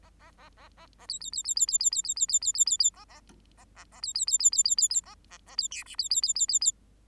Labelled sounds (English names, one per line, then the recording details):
Bengalese Finch song
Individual Bird8